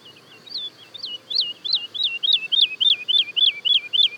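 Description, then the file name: Woodlark song: a crescendo of repeated looping, yodelling notes, starting soft and growing louder. Daytime song and duet of woodlarks, Le Puech, France. "alouette lulu chant de jour et duett Le Puech F"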